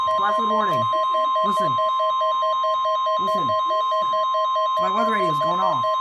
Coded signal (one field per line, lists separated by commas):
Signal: Emergency Alert System (SAME) tones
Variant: 1050 Hz attention tone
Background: speech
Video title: EAS 278 FFW